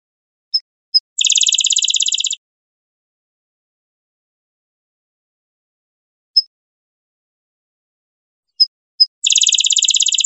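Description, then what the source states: Rufous-winged sparrow song: two sharp chip notes lead into a fast, even buzzy trill lasting about a second, then more lone chips and another trill after a silent gap. Recorded 28 April 2001.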